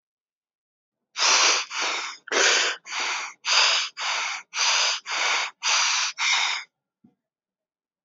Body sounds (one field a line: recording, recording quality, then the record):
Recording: shallow breathing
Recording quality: excellent, no background noise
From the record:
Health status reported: healthy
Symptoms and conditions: none ticked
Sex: male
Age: 31 years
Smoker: yes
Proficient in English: yes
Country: India